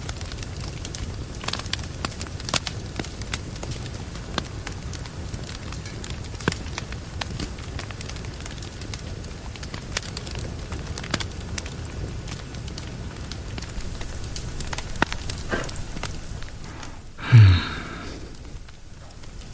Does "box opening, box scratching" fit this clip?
no